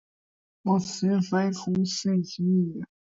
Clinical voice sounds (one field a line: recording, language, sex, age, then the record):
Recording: short text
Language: Brazilian Portuguese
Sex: male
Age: 20 to 29 years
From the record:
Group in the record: control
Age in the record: 21 years